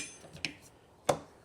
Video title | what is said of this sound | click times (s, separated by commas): How to Replace Front & Rear Wipers on a Toyota RAV4 (2019–2025) | Boom, and then you'll hear it pop. It's not going anywhere. | 0.4 s